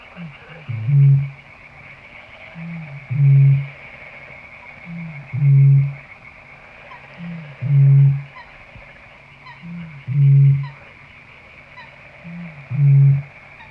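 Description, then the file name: Eurasian bittern giving six deep hollow booms, each introduced by a soft grunt, repeated roughly every two seconds over a faint background hiss. "Rordrum"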